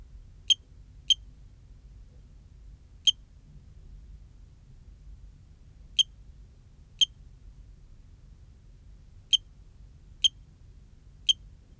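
High, clicky cricket chirps from Eugrylloides pipiens, isolated and irregularly timed, some in quick pairs, others separated by several seconds of near silence.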